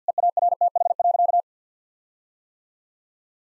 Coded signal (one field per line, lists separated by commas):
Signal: Morse code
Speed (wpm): 50 wpm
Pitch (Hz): 700 Hz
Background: none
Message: EARTH.